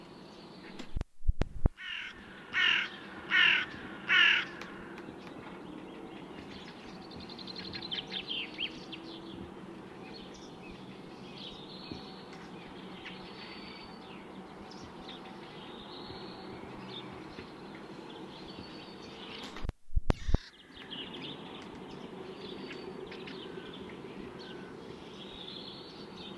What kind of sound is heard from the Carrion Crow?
call